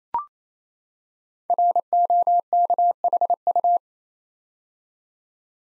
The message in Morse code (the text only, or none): ROKHU